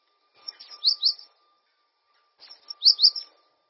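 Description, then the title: Bird song of two brief phrases, each a soft buzzy lead-in then bright high notes, separated by about a second of silence. "LuckyPassaro"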